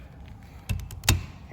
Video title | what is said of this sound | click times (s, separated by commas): ZIPPKOOL High Visibility Cooling Vest Tutorial Video | click - you hear it click | 1.1 s